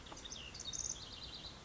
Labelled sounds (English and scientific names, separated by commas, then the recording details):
House Wren (Troglodytes aedon)
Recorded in Sonoma County, California